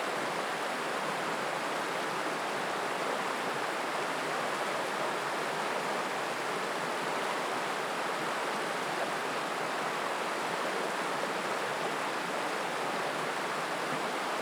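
A steady rush of river water fills the recording, dense and unbroken from start to finish, with a bright hiss over a full middle and almost no deep rumble. The flow sounds even, with no distinct events or other sounds standing out.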